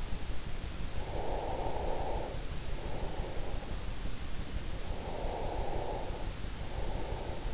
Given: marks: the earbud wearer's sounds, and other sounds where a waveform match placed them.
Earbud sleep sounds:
sounds in sleep by an in-ear microphone; breath
0.57-3.60 s: breath
4.40-7.54 s: breath

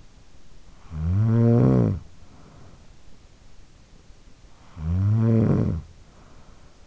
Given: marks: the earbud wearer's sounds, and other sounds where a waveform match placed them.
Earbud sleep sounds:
sounds in sleep by an in-ear microphone; snoring breath
0.52-3.23 s: snoring breath
4.29-6.87 s: snoring breath

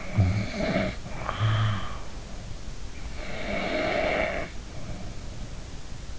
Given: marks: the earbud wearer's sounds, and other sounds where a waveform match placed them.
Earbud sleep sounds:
sounds in sleep by an in-ear microphone; snoring breath
0.01-2.02 s: snoring breath
3.16-4.62 s: snoring breath

